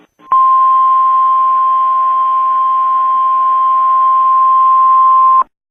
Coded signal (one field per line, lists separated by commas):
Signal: Emergency Alert System (SAME) tones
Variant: 1050 Hz attention tone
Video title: eas